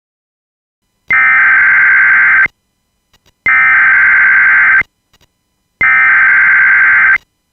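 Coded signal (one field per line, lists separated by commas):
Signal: Emergency Alert System (SAME) tones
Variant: header bursts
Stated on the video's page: Fictional scenario based on the game Grand Theft Auto San Andreas; contains valid EAS tones.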